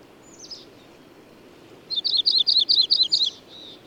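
Bird song: a faint high whistle, then a rapid run of sharp, high chirping notes lasting just over a second.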